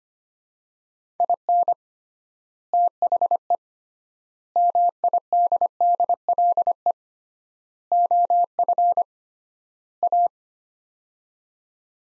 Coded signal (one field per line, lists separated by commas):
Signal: Morse code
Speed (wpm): 25 wpm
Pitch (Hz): 700 Hz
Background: none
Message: IN THE MIDDLE OF A